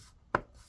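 A plastic bottom cover of an HP ENVY x360 2-in-1 15-ew0053TU laptop is pressed back onto the chassis, and after some struggle a resisting clip snaps in. A single sharp click at 0.35 s stands out against near silence. The clip is seated.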